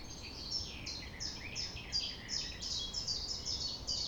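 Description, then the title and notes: Common nightingale singing quick descending notes in a repeating series, with soft low noise beneath. Recorded at 6 A.M. at sunrise near the Thève river, Champ de Ménage; the nightingale sings without waiting for silence. "6 A.M. Lever du soleil non loin de la Thève au Champ de Ménage. Le rossignol n'attend pas le silence."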